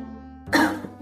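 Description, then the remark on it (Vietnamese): A single short, dry, deliberately faked cough with a bit of throat clearing, one brief harsh burst rising out of a quiet low hum and fading within half a second. “hơi mất tự nhiên, giả vờ ho khan một tiếng, che đậy sự bối rối, cố tỏ ra nghiêm nghị.”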